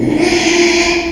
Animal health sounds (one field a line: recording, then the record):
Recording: squeal of a Yucatan mini pig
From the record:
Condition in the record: after surgery on the right vocal fold (resection and tissue-engineered implant)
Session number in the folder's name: 2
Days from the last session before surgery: 13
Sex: male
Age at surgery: 12 weeks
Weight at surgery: 13 kg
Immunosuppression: cyclosporine, prednisolone